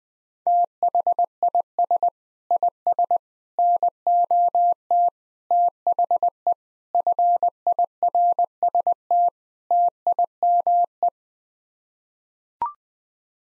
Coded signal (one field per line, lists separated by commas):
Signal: Morse code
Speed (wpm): 20 wpm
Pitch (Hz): 700 Hz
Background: none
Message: THIS IS NOT THE FIRST TIME